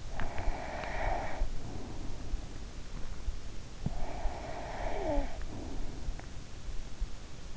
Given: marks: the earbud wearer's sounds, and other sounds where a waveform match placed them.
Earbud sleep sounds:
sounds in sleep by an in-ear microphone; teeth grinding, breath, snoring breath
0.00-1.00 s: teeth grinding
0.19-3.04 s: breath
3.87-6.28 s: snoring breath

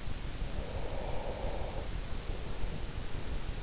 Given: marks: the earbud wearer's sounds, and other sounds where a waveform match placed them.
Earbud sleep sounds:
sounds in sleep by an in-ear microphone; breath
0.35-3.17 s: breath

